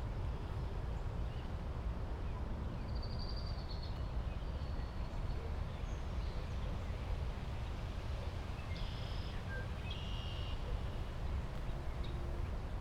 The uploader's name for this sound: A walk through the Wilma H. Schiermeier Olentangy River Wetland Research Park